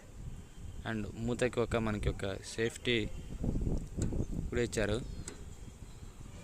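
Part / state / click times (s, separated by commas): fuel tank cap on tractor fuel tank filler / seated / 5.3 s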